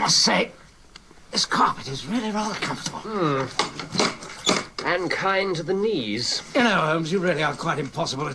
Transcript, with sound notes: must say..this carpet is really rather comfortable.
(Fiddling with box hinges) And kind to the knees.
You know Holmes, you really are quite impossible at times!